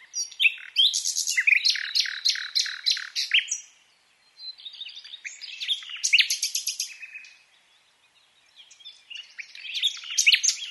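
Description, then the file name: Common nightingale song in varied phrases: rapid rattling trills and harsh chirps, a short pause, another burst of repeated notes, then a fresh phrase starting. "Luscinia megarhynchos"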